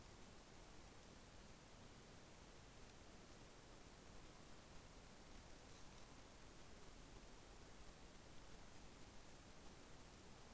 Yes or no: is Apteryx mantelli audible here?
no